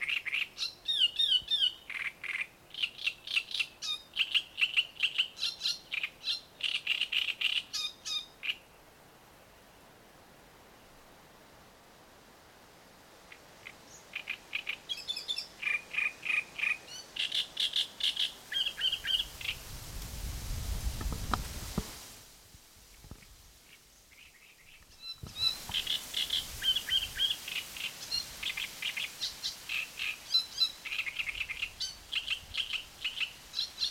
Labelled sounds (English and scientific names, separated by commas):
Great Reed Warbler (Acrocephalus arundinaceus)